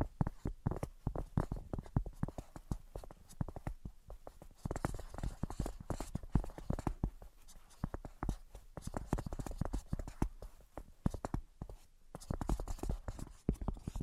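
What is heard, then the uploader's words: Tapping in 3D, made of quick, dense taps that run almost without pause for the whole fourteen seconds. The hits are sharp and mostly low and woody in tone, with bursts that speed up and thin out irregularly, briefly sparser around the four and twelve second marks. Brain Penetrating 3D Tapping.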